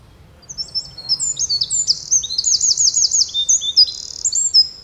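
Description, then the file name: Eurasian wren song: high, bright notes run together into quick trills and rattles, delivered in a steady, energetic stream after a short pause. "Troglodytes troglodytes"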